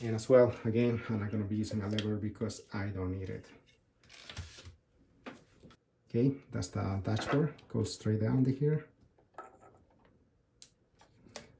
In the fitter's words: once you hear the click it's ready to go